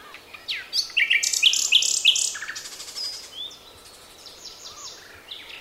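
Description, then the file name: Common nightingale singing a varied phrase: sliding whistles, then loud repeated rich notes and a fast rattling trill, fading into softer high notes. "Luscinia megarhynchos"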